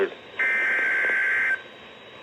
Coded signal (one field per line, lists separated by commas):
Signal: Emergency Alert System (SAME) tones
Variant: header bursts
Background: speech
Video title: Severe thunderstorm warning (EAS #117) 11-24-20 at 8:54PM